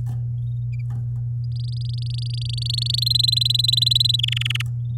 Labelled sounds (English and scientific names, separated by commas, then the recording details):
Domestic Canary (Serinus canaria) song
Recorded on 10 May 2018 at 15:29
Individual llb16